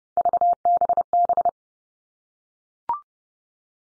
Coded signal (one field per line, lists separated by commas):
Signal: Morse code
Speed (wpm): 30 wpm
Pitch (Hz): 700 Hz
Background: none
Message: VBB